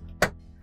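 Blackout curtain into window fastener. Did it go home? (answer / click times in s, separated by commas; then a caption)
yes / 0.2 s. A fabric blackout curtain for the side window of a 2025 Entegra Arc Class B gas van is fastened into its fastener or track. A single sharp snap at 0.2 s shows the curtain seated in its holder, over a low steady background hum.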